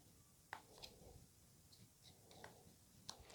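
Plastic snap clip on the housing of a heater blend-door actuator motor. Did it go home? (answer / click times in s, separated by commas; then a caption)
released / 0.5 s, 3.1 s. Plastic retaining clips on the housing of a car heater blend-door actuator motor are pried open one after another, so the housing starts to come apart. Sharp plastic snaps are heard at 0.5 s and 3.1 s, with quieter ticks and scraping in between. The clips release.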